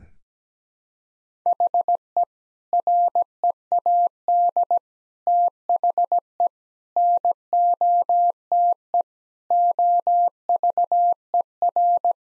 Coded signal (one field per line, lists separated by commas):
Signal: Morse code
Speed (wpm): 17 wpm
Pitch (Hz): 700 Hz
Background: none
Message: HE READ THE NOTE OVER